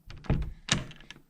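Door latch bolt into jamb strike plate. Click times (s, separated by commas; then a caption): 0.7 s. A newly hung wooden cabin door is closed slowly so the doorknob's latch bolt slides into the strike plate in the jamb. After a soft thunk around 0.3 s, a single sharp latch click lands at 0.7 s as the bolt seats in the strike plate. The result is a confirmed, perfect single click.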